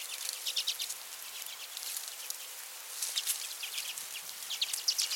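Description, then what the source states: Common redpoll calls, rapid twittering chips overlapping in busy clusters, with a brief lull in the first half and slightly louder notes toward the end. Nominate subspecies flammea.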